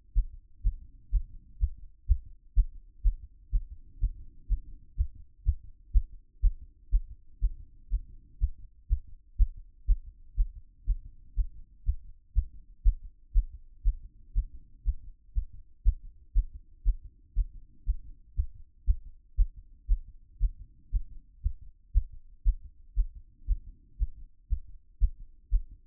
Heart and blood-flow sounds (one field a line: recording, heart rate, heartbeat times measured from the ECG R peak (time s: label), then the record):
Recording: heart sounds by stethoscope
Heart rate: 122 bpm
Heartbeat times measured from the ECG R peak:
0.13 s: heartbeat
0.62 s: heartbeat
1.10 s: heartbeat
1.58 s: heartbeat
2.06 s: heartbeat
2.54 s: heartbeat
3.02 s: heartbeat
3.50 s: heartbeat
3.98 s: heartbeat
4.47 s: heartbeat
4.95 s: heartbeat
5.43 s: heartbeat
5.91 s: heartbeat
6.40 s: heartbeat
6.90 s: heartbeat
7.39 s: heartbeat
7.89 s: heartbeat
8.38 s: heartbeat
8.87 s: heartbeat
9.36 s: heartbeat
9.85 s: heartbeat
10.35 s: heartbeat
10.84 s: heartbeat
11.34 s: heartbeat
11.83 s: heartbeat
12.33 s: heartbeat
12.82 s: heartbeat
13.32 s: heartbeat
13.82 s: heartbeat
14.33 s: heartbeat
14.83 s: heartbeat
15.33 s: heartbeat
15.83 s: heartbeat
16.33 s: heartbeat
16.83 s: heartbeat
17.33 s: heartbeat
17.84 s: heartbeat
18.34 s: heartbeat
18.84 s: heartbeat
19.35 s: heartbeat
19.86 s: heartbeat
20.38 s: heartbeat
20.90 s: heartbeat
21.41 s: heartbeat
21.92 s: heartbeat
22.43 s: heartbeat
22.94 s: heartbeat
23.45 s: heartbeat
23.97 s: heartbeat
24.47 s: heartbeat
24.98 s: heartbeat
25.49 s: heartbeat
From the record:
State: after exercise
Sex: male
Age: 40 years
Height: 190 cm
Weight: 114 kg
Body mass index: 31.58